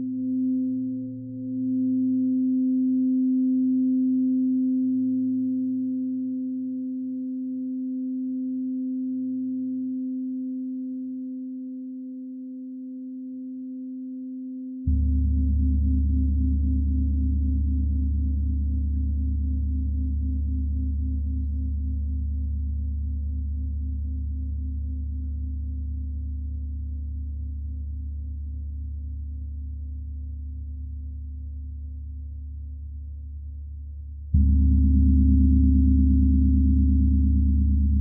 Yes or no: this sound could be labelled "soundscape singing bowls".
yes